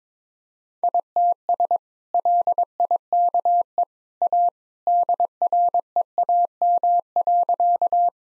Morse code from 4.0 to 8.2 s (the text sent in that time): A DREAM.